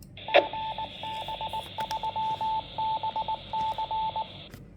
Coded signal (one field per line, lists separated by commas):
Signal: Morse code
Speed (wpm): 19 wpm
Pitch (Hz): 880 Hz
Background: radio noise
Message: GB3BC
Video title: iOS - VGC VR-N7500 Connect, Config Memory and APRS plus Bluetooth Mic